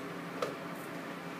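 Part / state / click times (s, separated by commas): probe cable connector into humidifier base / seated / 0.4 s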